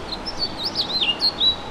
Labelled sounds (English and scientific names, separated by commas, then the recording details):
House Finch (Haemorhous mexicanus) song
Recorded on Long Island, New York, on 2 June 2012
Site CP
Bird B